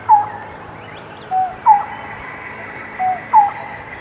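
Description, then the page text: Lineated barbet call: five hollow notes, down-slurred notes alternating with lower, flatter notes. "Lineated Barbet Call. Quick Sounds"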